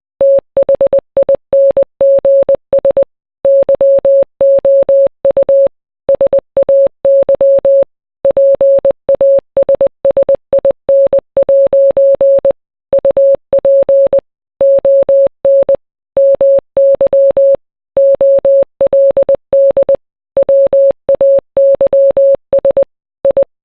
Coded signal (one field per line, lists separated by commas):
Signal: Morse code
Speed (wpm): 20 wpm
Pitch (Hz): 550 Hz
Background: none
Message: THINGS YOU SAY PASSIN' UP ON MY OLD WAYS I